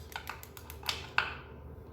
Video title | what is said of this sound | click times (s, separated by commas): Doing a oil change on the primary #29 | See, you hear that click? | 1.2 s